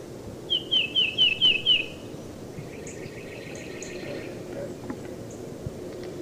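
Tufted titmouse: a quick series of five clear, slurred high whistles, then a fainter, lower, buzzy chatter of repeated notes, over steady low background noise.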